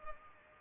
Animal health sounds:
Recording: mosquito wingbeat signal from an infrared sensor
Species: Culex pipiens

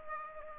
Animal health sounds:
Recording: mosquito wingbeat signal from an infrared sensor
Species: Aedes aegypti

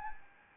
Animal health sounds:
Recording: mosquito wingbeat signal from an infrared sensor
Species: Anopheles arabiensis

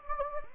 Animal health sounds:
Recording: mosquito wingbeat signal from an infrared sensor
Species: Anopheles gambiae

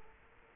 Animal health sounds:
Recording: mosquito wingbeat signal from an infrared sensor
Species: Culex quinquefasciatus

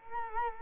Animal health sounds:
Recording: mosquito wingbeat signal from an infrared sensor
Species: Culex quinquefasciatus

